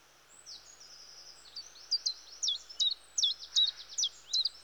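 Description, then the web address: Common chiffchaff song, a series of high, sharp two-part notes repeated steadily, starting softly and growing louder over a faint hiss. "The BBC Sound Effects Library. Chiffchaff"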